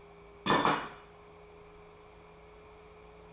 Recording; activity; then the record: daily activity, microphone in the room; place plate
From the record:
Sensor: 1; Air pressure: 1015.0 hPa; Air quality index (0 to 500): 201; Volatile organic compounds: 25 ppm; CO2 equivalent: 2842 ppm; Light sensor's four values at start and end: 28/68/29/35 and 28/69/29/35